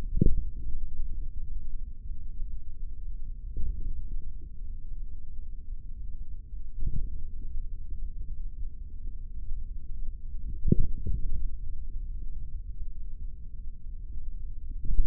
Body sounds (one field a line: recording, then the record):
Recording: forearm muscle sounds (acoustic myography)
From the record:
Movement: finger pinch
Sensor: system 3, bracelet of six PUI Audio POM-2738L microphones around the upper forearm, with dedicated amplification and filtering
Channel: 1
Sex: male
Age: 43 years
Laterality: right